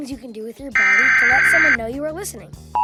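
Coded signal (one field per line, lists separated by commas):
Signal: Emergency Alert System (SAME) tones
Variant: header bursts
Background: speech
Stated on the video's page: Fictional tornado warning interrupting a programme on an invented network.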